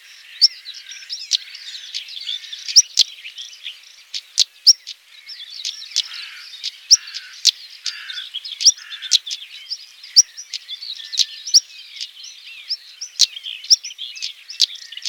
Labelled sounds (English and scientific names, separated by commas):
European Stonechat (Saxicola rubicola) song